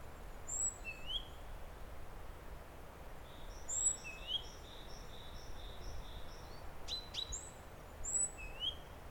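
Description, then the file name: Great tit upslurred whistled calls spaced several seconds apart, a soft string of short notes, and two sharp clicks. "Parus major"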